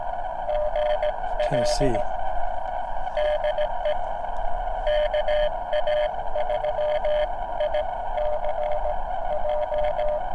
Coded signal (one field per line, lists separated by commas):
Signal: Morse code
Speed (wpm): 17 wpm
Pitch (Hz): 600 Hz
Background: speech, radio noise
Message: GL DE KA3ICJ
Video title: My CW Journey: 5th Activation - uSDX+ Transceiver